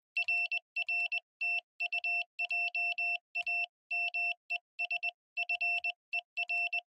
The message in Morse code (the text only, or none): RR TU JAMES FER